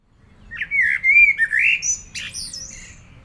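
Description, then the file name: Common blackbird singing a mellow, fluted warble that glides up and down, closing with thin, high, scratchy squeaks. "Turdus merula"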